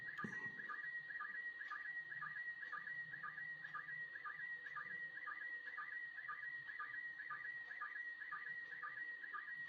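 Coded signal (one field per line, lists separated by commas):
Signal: SSTV (slow-scan television)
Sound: steady high whistle with a regular warbling chirp about twice a second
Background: radio static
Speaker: He's wearing a spacesuit.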